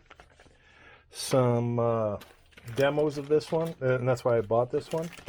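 The plastic lid of a new countertop vacuum sealer is closed and pressed down onto its base to lock it, giving a short sharp click at 0.2 s, with a softer knock around 0.4 s. The lid clicks locked, and afterwards someone talks.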